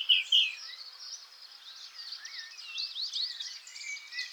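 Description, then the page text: Eurasian blackcap song: two loud bright notes open a long, quieter run of rapid twittering and warbling. "Christoph Bock - Славка-черноголовка (Sylvia atricapilla)"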